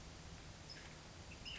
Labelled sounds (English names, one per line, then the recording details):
Ash-throated Flycatcher
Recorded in Sonoma County, California